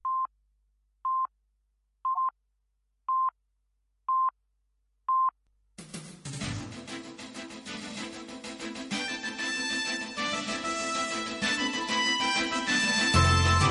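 A telephone-style ring of six short, even, high-pitched beeps about a second apart, then a burst of music takes over and keeps building in loudness.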